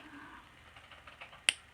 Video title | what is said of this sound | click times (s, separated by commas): Favorite Makeup items: Drugstore and Luxury items | You heard that? Click. | 1.5 s